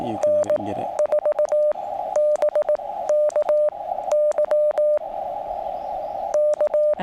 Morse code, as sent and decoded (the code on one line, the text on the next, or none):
-. ....- -... -.- -.-- / -.-
N4BKY K